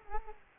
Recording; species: mosquito wingbeat signal from an infrared sensor; Culex quinquefasciatus